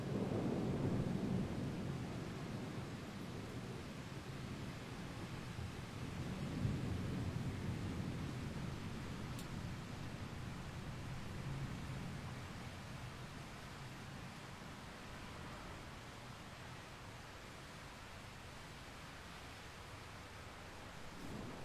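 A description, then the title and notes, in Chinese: Spring thunder rolls as a low, continuous rumble, swelling heavily at the start and again around seven seconds before settling into a softer, steady grumble. A thin hiss sits above it throughout, and a single faint click comes near the nine-second mark. 惊蛰春雷。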